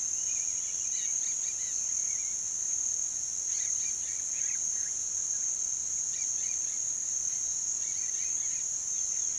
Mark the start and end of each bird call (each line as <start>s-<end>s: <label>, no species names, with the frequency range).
0.13s-5.00s: bird call (1.1-4.7 kHz)
6.15s-8.84s: bird call (1.3-4.5 kHz)